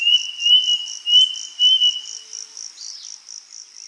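Bird call: a quick series of short, thin, even-pitched whistled notes, then silence from the bird while a pulsing high insect trill continues.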